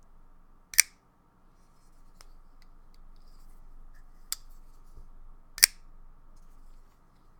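A Gerber Fastball folding knife is flipped open twice, and each time the blade locks open in its aluminum handle with a sharp, bright click at 0.8 s and 5.6 s. Fainter ticks come at about 2.2 s and 4.3 s against a quiet background hum. Both times the blade locks fully into place.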